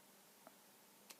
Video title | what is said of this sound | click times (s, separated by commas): démonter taurus pt 92 A à Z | Et après, ça clipse dans le petit crochet. Donc le ressort, il est bon. | 1.1 s